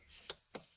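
A torque wrench set to 13 ft-lb tightens the 17 mm steel oil strainer cap on the engine case of a Buddy Kick 125 scooter. Two sharp clicks ring out at 0.3 s and 0.55 s over a quiet background as the wrench breaks over, confirming the cap is torqued to its setting.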